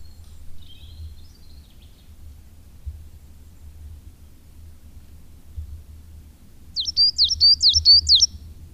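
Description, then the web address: Coal tit song, a brief faint call early on, then a high ringing phrase of about six quick repeated two-note units near the end. "Madardalok Fenyves cinege"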